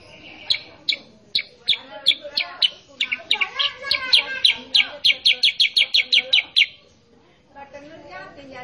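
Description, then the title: Sooty-headed bulbul song: spaced chirps at first, then a quickening, tightly packed series of bright notes that ends abruptly, with faint sounds afterwards. Masteran training recording for cage birds, meant to make a young, untrained sooty-headed bulbul respond at once and sing energetically. "Masteran Kutilang Sutra. MASTERAN BURUNG KUTILANG SUTRA BIKIN KUTILANG SUTRA BAHAN LANGSUNG RESPON BUNYI GACOR"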